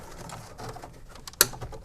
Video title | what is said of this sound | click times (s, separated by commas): This throws error codes - BMW E90 Low Pressure Fuel Sensor & Pump DIY | that's kind of it all right we have this little line on the side that just snaps in push | 1.4 s